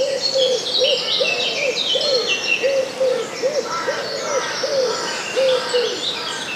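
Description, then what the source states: Wood pigeon cooing: soft, hollow arched notes repeated, beneath a dense chorus of high twittering and warbling songbirds. Dawn chorus in a wood in Cavan, Ireland.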